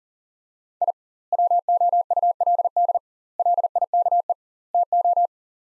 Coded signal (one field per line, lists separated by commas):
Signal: Morse code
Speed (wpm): 40 wpm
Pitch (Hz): 700 Hz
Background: none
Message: I WOULD LIKE TO